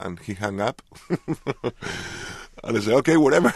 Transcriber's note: soundbite of laughter